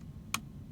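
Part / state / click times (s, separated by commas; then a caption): screw into plastic steering column shroud boss / seated / 0.3 s. While a clock spring is reinstalled on a 2012–2016 Ford F-250 (350/450/550), a screw is turned backwards into a plastic steering column shroud boss so it does not cut a new thread and strip. Over a low background rumble, a single sharp click sounds at 0.3 s as the screw drops into the start of the existing thread. The thread is engaged, but the part is not yet fully seated.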